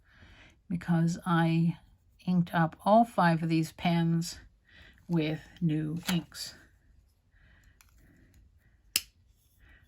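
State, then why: Seated. Someone talks for the first several seconds, then a fountain pen cap is pushed onto the pen body, with a few faint small ticks before it closes with a sharp, satisfying click at 9.0 s. The cap is seated.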